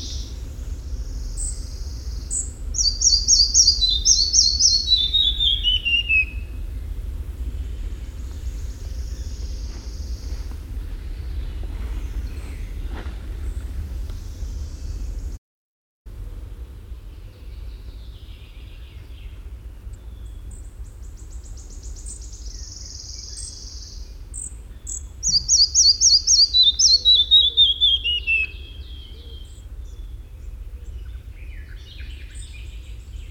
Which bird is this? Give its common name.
Red-breasted Flycatcher